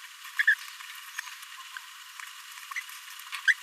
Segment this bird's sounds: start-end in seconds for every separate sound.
3.47-3.53